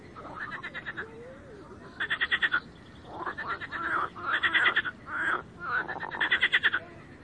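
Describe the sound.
Frogs croaking in several short bursts of rapid rattling pulsed notes, with quieter gaps between them.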